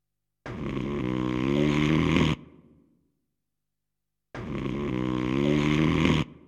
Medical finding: Man snoring.